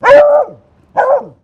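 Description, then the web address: Beagle barking: two loud barks about a second apart, the first slightly longer than the second. Female beagle barking, recorded close. "Sound Effects-Foundation 1 ANIMAL DOG BEAGLE FEMALE BARK CLOSE"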